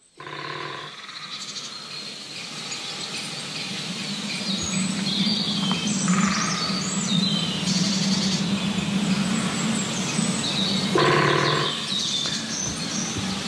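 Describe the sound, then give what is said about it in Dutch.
A great spotted woodpecker drums on a tree trunk in Pijnenburg forest in Soest, in short, rapid rolls lasting about a second each, clattering against wood over a steady bed of insect and bird noise. “Een groffelende grote bonte specht in het, in het bos Pijnenburg te Soest.”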